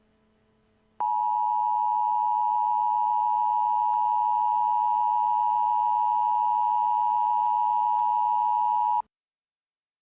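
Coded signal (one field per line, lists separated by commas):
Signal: Emergency Alert System (SAME) tones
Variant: 853 and 960 Hz attention tone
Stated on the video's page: Simulated EBS broadcast recreation of a historical shooting, reportedly containing only attention signals.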